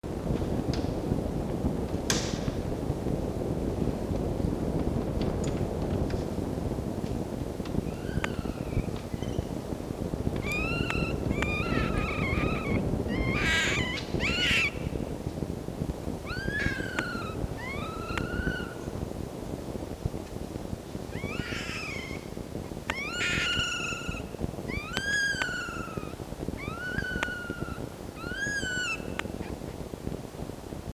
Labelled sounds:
Red Fox
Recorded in captivity
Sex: male
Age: juvenile
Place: Zoologisches Institut der HUB, Berlin, DE
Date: 1954-04-21 10:45
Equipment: Elmetra
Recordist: Tembrock, Günter
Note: Welpe "Jau": Quärren (in der Hand vor dem Mikrofon); Jupp läuft umher: Muffen (o)

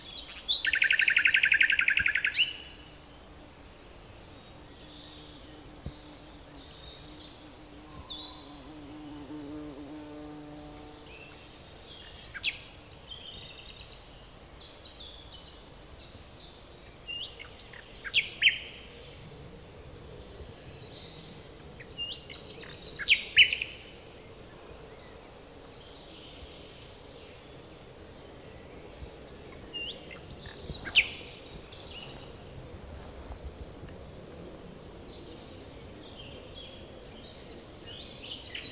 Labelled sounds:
Common Nightingale song
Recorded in the wild
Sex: male
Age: adult
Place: Waldsieversdorf, Rotes Luch, Brandenburg, DE
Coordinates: 52.5222, 14.0303
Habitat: garden
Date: 1992-04-30 13:15
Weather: fair, 15°C
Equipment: Aiwa HD-S1, Sennheiser ME 80, Hochpass 1000 Hz
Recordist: Frommolt, Karl-Heinz

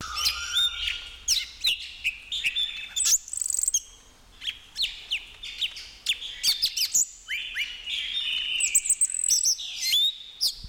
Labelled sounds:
Red-billed Leiothrix
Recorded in captivity
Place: Zoo Berlin, Berlin, DE
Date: 1996-02-10 15:50
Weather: wolkig, -11°C
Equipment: Sony MD-WM MZ-R3, Sennheiser ME 80, Kopie Uher 4000 Report Monitor
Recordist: Tembrock, Günter
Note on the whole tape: Gesang, Entfernung ca

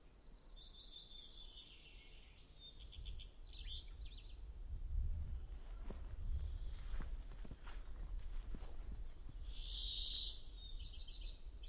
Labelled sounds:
Common Redstart song
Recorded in the wild
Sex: male
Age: adult
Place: Halbinsel Kindo, Karelien, RU
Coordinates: 66.5361, 33.0567
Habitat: taiga
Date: 1998-06-18 12:51
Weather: 15°C, sunny
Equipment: Sony WM-D6C, Sennheiser ME 80, K 30 AV
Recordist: Frommolt, Karl-Heinz

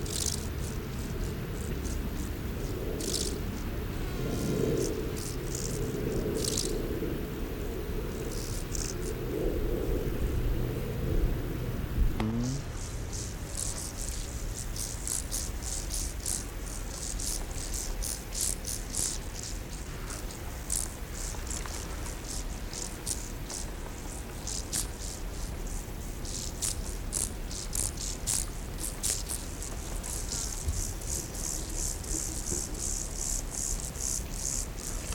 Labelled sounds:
Field Grasshopper stridulation
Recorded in the wild
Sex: male
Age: imago
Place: Botanische Anlage Blankenfelde, Berlin, DE
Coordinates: 52.603, 13.4
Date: 1993-07-22 14:37
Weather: wechselnd wolkig u. sonnig, 18-20°C
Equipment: Marantz CP 430, Sennheiser ME 80, Kopie Uher Variocord 263
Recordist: Tembrock, Günter

